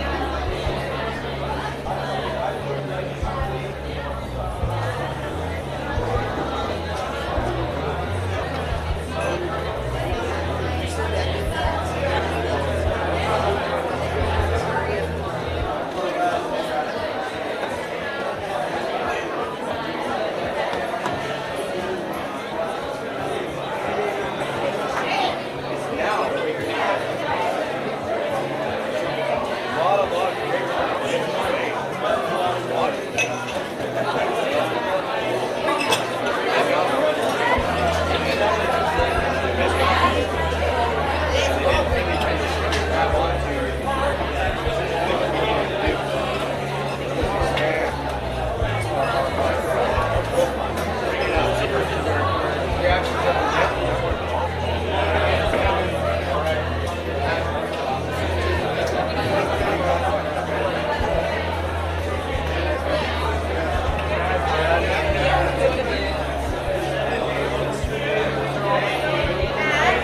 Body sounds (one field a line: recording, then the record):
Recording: background sound without coughing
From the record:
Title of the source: CITY SOUNDS Busy Bar in the Evening Night - 2 HOURS of Ambiance for Relaxation